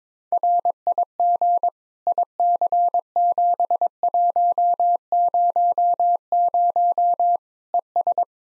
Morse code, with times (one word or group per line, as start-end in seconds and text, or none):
0.3-1.7 RIG
2.1-7.4 IC7100
7.7-8.2 ES